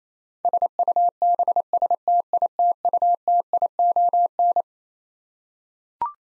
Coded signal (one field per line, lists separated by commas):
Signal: Morse code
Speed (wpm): 27 wpm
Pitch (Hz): 700 Hz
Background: none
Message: SUBSTITUTION